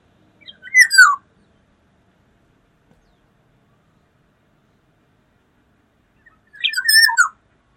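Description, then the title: Black-naped oriole song, two short fluty whistled phrases about six seconds apart, with silence between. "Kepodang"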